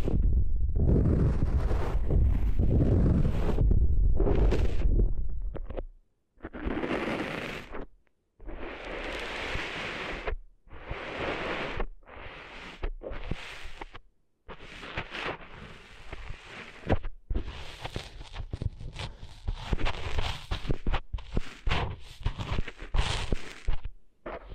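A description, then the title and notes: Rough, rushing scrapes and rustles from ear cleaning, a heavy muffled rumble at first, then bursts of crackly brushing broken by short silences. ASMR Cleaning Sand Out of Your Ears (No Talking).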